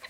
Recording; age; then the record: pig call; piglet (1 to 25 days)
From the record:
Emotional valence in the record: positive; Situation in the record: after nursing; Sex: female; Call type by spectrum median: low-frequency call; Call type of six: high-frequency stable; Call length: 0.10 s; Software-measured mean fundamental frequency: 279 Hz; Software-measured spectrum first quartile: 1669 Hz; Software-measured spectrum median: 2367 Hz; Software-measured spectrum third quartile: 4119 Hz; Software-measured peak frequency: 1953 Hz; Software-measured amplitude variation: 211 dB a second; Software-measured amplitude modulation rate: 5.0 a second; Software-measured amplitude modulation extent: 42.1 dB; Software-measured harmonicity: 2.2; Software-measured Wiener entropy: -1.01